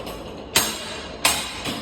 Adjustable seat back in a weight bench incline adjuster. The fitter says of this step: and i'm gonna bring the seat up two clicks